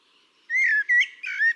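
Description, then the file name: Eurasian blackbird giving a short burst of rich, fluted whistles that slur up and down, three notes in quick succession. "Turdus merula"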